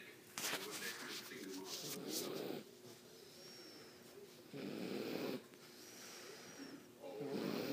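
Rough, rattling snores from a sleeping dog, about three breaths in eight seconds, with quiet pauses between.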